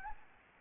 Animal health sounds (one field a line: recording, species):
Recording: mosquito wingbeat signal from an infrared sensor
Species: Anopheles gambiae